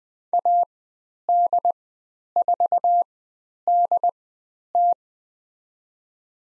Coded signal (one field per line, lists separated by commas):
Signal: Morse code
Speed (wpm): 20 wpm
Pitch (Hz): 700 Hz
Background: none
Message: AD4DT